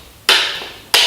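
Two sharp clicks at 0.3 s and 0.9 s as the plastic clips of a bicycle chain guide's top cover are unclipped and let go, so the cover can be cleaned inside. Each click is a bright, broadband snap with a short tail. The clips release and the top cover comes off.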